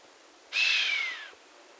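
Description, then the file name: Chamois uttering one breathy, hissing whistle lasting nearly a second, starting abruptly and gradually falling in pitch as it fades. "Camoscio da xenocanto"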